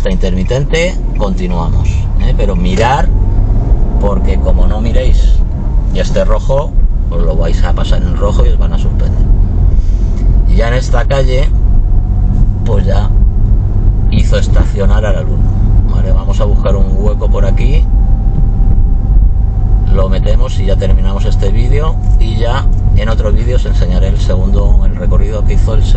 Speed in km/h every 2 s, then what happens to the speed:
5, 11, 19, 19, 20, 23, 25, 25, 25, 24, 24, 24, 24.
0-12 speeds up to 25. 12-26 steady at about 24.